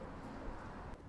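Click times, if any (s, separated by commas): none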